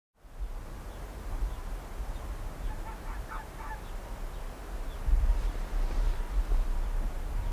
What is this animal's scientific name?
Vulpes lagopus